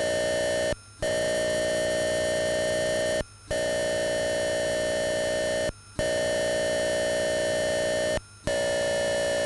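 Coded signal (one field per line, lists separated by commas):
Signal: computer data on cassette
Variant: Atari 8-bit cassette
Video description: Follow links below to skip loading sequences : 2:18 = Lesson 1, part 1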